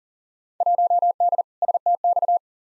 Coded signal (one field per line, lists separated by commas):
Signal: Morse code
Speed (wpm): 39 wpm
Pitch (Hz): 700 Hz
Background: none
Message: 1D STX